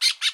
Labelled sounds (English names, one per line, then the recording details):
Brown-throated Parakeet contact call
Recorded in Bonaire
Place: 1 km N of power plant, rd to Republiek
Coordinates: 12.184, -68.285